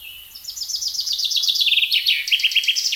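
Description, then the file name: Common chaffinch song: a rapid run of bright repeated notes dropping in pitch, cut off before its end. "Fringilla coelebs"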